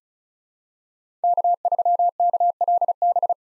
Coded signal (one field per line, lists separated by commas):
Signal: Morse code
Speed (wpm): 34 wpm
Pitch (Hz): 700 Hz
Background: none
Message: K3KLB